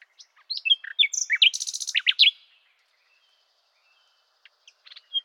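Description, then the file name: Common nightingale song: a rapid phrase of varied sharp notes and a buzzy burst, followed by silence, then a few soft notes. "Luscinia megarhynchos"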